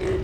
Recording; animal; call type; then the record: contact call of a hoofed animal; pig; closed-mouth grunt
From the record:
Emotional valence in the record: positive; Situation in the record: food and toys in familiar pen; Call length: 0.23 s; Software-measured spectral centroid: 1630 Hz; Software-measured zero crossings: 900 a second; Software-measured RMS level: -25 dBFS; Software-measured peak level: -14 dBFS